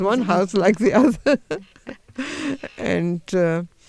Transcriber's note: she laughs